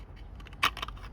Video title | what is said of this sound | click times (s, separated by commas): VERY GOOD KNIFE CO. “Adventurer Jr.” Unboxing📦 & First L👀k | very positive click | 0.6 s